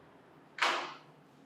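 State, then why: Seated. A kitchen or wardrobe cabinet shutter is pushed closed into its cabinet frame, and a single sharp latch click at 0.6 s is followed by a short fading rattle. The shutter latches and locks shut, so children cannot quickly pull it open.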